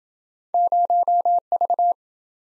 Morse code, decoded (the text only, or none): 0V